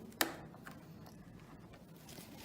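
After the sleeve is lifted, a heated breathing tube's connector is pushed onto the outlet on top of an Airvo 2 high flow therapy unit. It gives a single sharp, bright click at 0.2 s, followed by a few faint soft ticks over a quiet background hum. The connector is seated in place.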